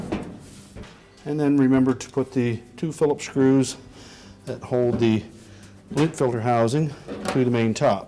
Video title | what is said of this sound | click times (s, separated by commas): Kenmore Dryer Repair – How to replace the Blower Wheel | and you just pull that a little bit forward until it snaps into position | 0.1 s